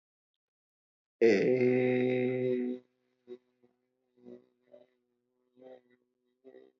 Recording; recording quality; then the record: sustained vowel as in made; excellent, no background noise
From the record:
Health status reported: respiratory illness, not identified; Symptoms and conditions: none ticked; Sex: male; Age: 45 years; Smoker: not ticked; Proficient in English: yes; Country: India